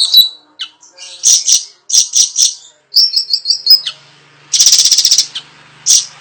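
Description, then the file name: Siri-siri besar calling in rapid sharp chips, some in quick groups of three or four, then a dense buzzy rattle and one final chip. Sharp calls ('tembakan tajam') used as tutor sound for training cage birds (masteran). "Suara Siri Siri Besar Tembakan Tajam Untuk Masteran"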